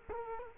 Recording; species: mosquito wingbeat signal from an infrared sensor; Culex quinquefasciatus